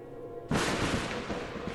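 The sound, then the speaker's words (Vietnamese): A sudden, loud crack of lightning bursts in after a quiet moment as it strikes down through a house roof onto an altar, followed by a sustained, roaring rumble of thunder that stays strong and noisy without fading. “bỗng một tia sét từ trên trời giáng xuống, xuyên qua mái nhà đánh thẳng lên bàn thờ, gây ra một tiếng nổ rúng động.”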